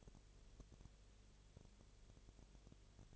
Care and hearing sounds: daily activity, microphone in the room; no activity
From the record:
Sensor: 4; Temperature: 22.7 degrees Celsius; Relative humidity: 32.0%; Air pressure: 1008.1 hPa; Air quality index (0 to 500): 114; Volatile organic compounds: 2 ppm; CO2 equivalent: 1108 ppm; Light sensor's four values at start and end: 2/3/1/1 and 2/3/1/1

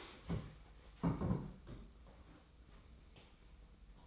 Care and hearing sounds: daily activity, microphone in the room; stand up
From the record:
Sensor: 1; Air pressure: 990.5 hPa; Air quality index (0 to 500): 152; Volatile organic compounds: 1000 ppm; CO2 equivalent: 5520 ppm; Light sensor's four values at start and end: 32/75/32/34 and 32/74/32/34

